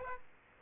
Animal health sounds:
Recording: mosquito wingbeat signal from an infrared sensor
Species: Aedes aegypti

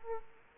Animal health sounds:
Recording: mosquito wingbeat signal from an infrared sensor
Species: Aedes aegypti

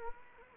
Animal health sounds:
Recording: mosquito wingbeat signal from an infrared sensor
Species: Anopheles arabiensis

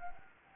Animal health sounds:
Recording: mosquito wingbeat signal from an infrared sensor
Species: Anopheles arabiensis

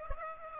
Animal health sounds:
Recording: mosquito wingbeat signal from an infrared sensor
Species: Aedes aegypti

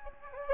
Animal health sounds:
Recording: mosquito wingbeat signal from an infrared sensor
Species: Anopheles gambiae

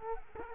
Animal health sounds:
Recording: mosquito wingbeat signal from an infrared sensor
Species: Culex quinquefasciatus

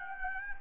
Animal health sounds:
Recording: mosquito wingbeat signal from an infrared sensor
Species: Anopheles gambiae

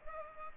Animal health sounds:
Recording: mosquito wingbeat signal from an infrared sensor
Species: Culex pipiens

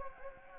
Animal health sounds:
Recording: mosquito wingbeat signal from an infrared sensor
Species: Anopheles gambiae

